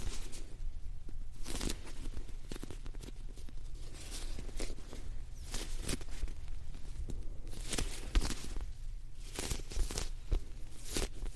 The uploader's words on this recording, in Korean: ASMR 폭신 폭신 소리!